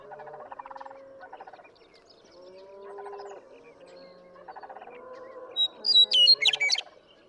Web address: birdsongforthecurious songs Western Meadowlark